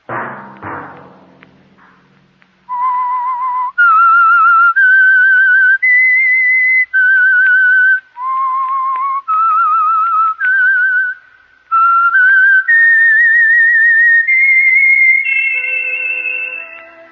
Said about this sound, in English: That whistle be your signal for the Signal Oil program, The Whistler, each Sunday night at this same time.